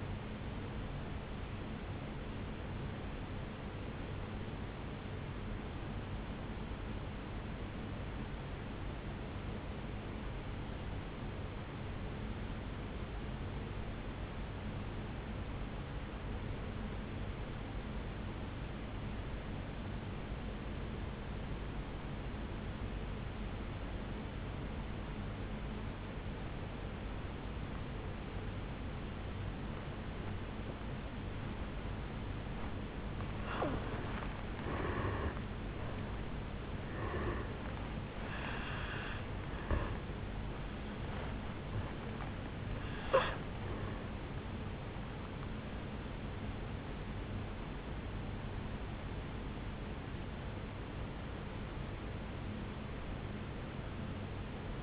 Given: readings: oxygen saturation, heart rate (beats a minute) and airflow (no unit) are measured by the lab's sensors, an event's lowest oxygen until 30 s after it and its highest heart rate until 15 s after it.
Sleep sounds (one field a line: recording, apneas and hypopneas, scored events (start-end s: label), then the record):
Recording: breathing in sleep by a voice recorder at the bedside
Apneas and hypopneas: 1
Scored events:
3.00-34.30 s: obstructive apnea (N2, oxygen 97% highest, then 81% lowest, heart rate 53 at the start, 77 highest)
28.00-54.83 s: new sleep stage, N1 (lightest sleep)
From the record:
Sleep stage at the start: N2 (light sleep)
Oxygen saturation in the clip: 81 to 97%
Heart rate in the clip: 52 to 77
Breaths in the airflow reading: 5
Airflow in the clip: -12.6 to 7.4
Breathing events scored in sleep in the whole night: 449 in 7.0 hours asleep